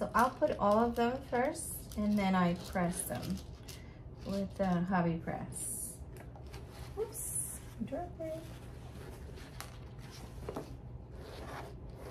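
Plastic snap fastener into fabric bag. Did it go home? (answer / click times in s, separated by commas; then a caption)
yes / 9.6 s. A plastic snap fastener is pressed onto the fabric of a present bag with a hobby press while someone talks. Some soft handling sounds come first, then a sharp snap at 9.6 s seats the fastener, followed by a couple of faint clicks.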